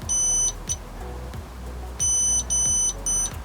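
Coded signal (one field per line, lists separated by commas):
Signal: beep code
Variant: Xiaomi M365 scooter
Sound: several steady high-pitched beeps, one early then a cluster of about three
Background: low rumble and clicks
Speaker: Would you say that's 2 and 1 or 1 and 2? So it could be the bad BMS password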